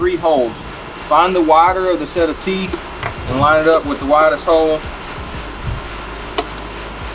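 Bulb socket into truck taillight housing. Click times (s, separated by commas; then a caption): 6.4 s. Someone talks while lining up the three teeth of a bulb socket with the widest hole in the plastic taillight housing of a 1992-1997 Ford F-Series truck (Bronco, F150, F250, F350) during an LED bulb install, then twists the socket in. A single sharp click at 6.4 s marks the socket locking into place in the housing, over a steady low background hum.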